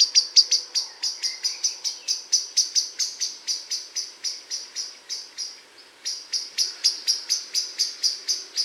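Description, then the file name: Common blackbird giving steady, metallic chinking calls several times a second, with a brief pause midway before the series resumes. "Turdus merula"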